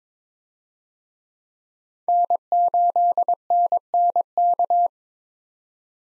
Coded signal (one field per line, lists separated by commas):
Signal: Morse code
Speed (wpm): 21 wpm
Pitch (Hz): 700 Hz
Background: none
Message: N8NNK